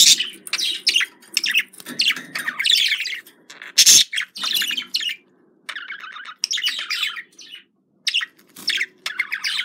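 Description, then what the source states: Budgerigar warble of rapid chirps and scratchy squawks, one loud burst near four seconds, followed by softer chattering phrases. Described as a love sound.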